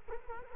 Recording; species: mosquito wingbeat signal from an infrared sensor; Culex quinquefasciatus